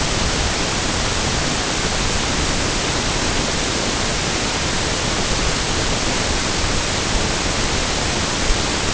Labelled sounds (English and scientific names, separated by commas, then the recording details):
none
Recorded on Arctic tundra, site NAIT-1, on 22 June 2018
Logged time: 15:00